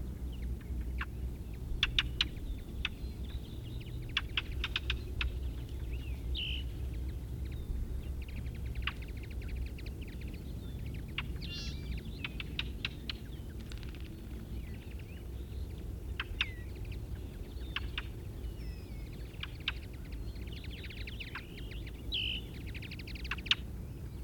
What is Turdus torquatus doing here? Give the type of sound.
call